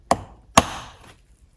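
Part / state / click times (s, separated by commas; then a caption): air intake duct onto engine air filter housing / seated / 0.1 s, 0.6 s. A plastic air intake duct on a 2017-2024 Chrysler Pacifica is pushed straight onto the engine air filter housing. Two sharp clicks sound at 0.1 s and 0.6 s, the second louder with a longer ringing tail. The duct locks in place, seated.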